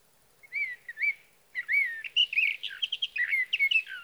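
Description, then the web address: Sage thrasher song: a couple of short slurred whistles, a pause, then a long run of warbled, jumbled notes. "birdsongforthecurious Sage Thrasher"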